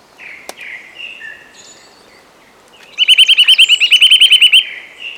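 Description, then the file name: Eurasian nuthatch delivering a quick run of many clear, high piping notes, preceded by faint scattered calls. "Sitta europaea"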